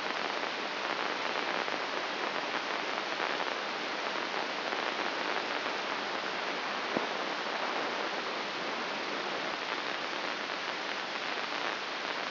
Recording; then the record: brain microelectrode recording played as sound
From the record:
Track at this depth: inside the subthalamic nucleus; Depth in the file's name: 5.816 mm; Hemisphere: left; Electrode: 2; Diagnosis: Parkinson's disease